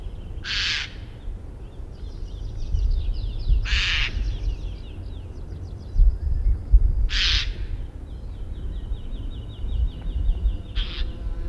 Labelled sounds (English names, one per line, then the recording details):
Eurasian Jay call
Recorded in the wild
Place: Schmale Heide, Insel Rügen, Mecklenburg-Vorpommern, DE
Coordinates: 54.45, 13.56
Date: 1969-05-18
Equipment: Nagra III BH, Sennheiser MD 21, parabola
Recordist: Schubert, Michael